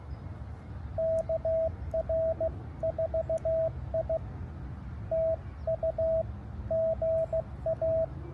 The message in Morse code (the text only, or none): KR4I TU GA